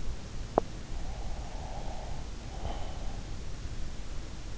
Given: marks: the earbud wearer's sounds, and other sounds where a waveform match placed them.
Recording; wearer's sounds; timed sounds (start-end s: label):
sounds in sleep by an in-ear microphone; breath
1.17-3.50 s: breath